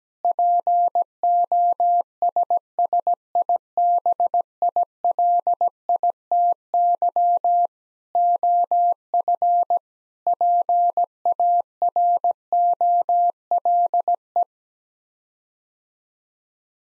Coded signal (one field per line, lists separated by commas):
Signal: Morse code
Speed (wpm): 17 wpm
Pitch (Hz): 700 Hz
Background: none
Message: POSSIBILITY OF PAROLE